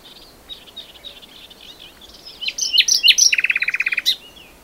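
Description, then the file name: Common nightingale song: soft scattered high notes, then loud whistled phrases and a fast, even rattle of repeated notes near the end. "Luscinia megarhynchos"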